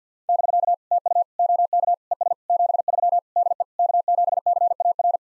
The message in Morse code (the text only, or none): <BK> TU OK ES 73 DE K7CAR